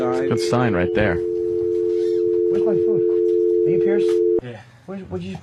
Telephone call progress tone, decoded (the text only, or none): dial tone